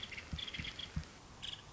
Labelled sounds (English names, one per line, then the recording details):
Nuttall's Woodpecker
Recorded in Sonoma County, California